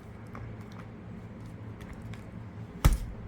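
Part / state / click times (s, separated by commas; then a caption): corner trim piece into ceiling fan cage frame / not seated / none. A corner piece of a ceiling fan's woodgrain-finish cage trim is handled and pressed toward the cage frame, with faint light taps over a steady low hum and a sharp, loud hit at about 2.9 s. The piece has not yet snapped into place, and nothing has seated or clicked yet.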